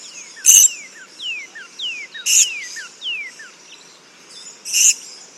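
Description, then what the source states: Purple-crowned Lorikeet calls: three loud, shrill, high screeches spaced a couple of seconds apart, with a run of thin, descending whistled notes between them. Call described as less metallic than the Little Lorikeet's; recorded in the Stirling Range, Western Australia, on Menang and Goreng country.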